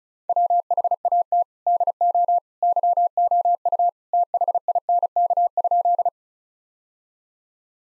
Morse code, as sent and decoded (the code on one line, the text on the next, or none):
.-- .... .- - / -.. --- / -.-- --- ..- / - .... .. -. -.- ..--..
WHAT DO YOU THINK?